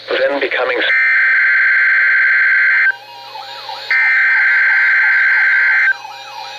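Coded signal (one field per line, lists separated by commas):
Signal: Emergency Alert System (SAME) tones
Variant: header bursts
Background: speech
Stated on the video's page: Required Weekly Test on NOAA weather radio station KEC60, Milwaukee, Wisconsin.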